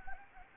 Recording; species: mosquito wingbeat signal from an infrared sensor; Anopheles gambiae